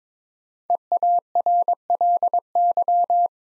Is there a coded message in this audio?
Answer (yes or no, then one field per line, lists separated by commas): yes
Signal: Morse code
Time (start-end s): 0.7-3.3 s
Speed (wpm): 22 wpm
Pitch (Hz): 700 Hz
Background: none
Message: EARLY